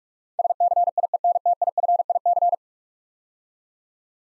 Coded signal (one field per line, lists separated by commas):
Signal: Morse code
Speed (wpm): 46 wpm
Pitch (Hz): 700 Hz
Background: none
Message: SCIENTIFIC